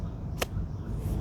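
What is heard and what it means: A Dragon Knife N695 fixed-blade bushcraft knife is pushed into its sheath, likely leather, to show how firmly the sheath holds it, since its retention seemed too shallow. A single sharp snap at 0.4 s seats the blade tightly, over a low steady background rumble.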